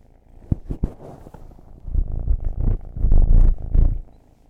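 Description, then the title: Cat purr, a deep rough rumble building in waves through the second half, preceded by a few sharp taps and thumps. Long purring session. "Field Recs Purrathon RAW"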